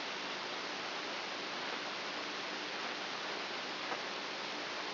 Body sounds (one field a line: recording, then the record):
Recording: brain microelectrode recording played as sound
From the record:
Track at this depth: inside the subthalamic nucleus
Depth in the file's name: 5.04 mm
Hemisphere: right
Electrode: 2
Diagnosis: Parkinson's disease